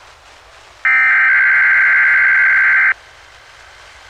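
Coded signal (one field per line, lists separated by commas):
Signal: Emergency Alert System (SAME) tones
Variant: header bursts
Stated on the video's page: Live enthusiast stream of EAS content.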